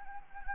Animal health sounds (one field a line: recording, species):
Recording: mosquito wingbeat signal from an infrared sensor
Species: Anopheles gambiae